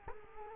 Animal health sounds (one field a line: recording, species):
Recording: mosquito wingbeat signal from an infrared sensor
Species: Culex quinquefasciatus